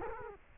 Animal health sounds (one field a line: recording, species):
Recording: mosquito wingbeat signal from an infrared sensor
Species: Culex quinquefasciatus